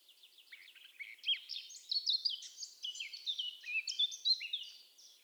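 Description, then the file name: Eurasian blackcap singing a dense, continuous warble of quick high chirps, slurred notes and brighter phrases, softer at the very start. "Sylvia atricapilla"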